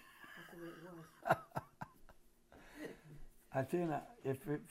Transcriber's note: laugh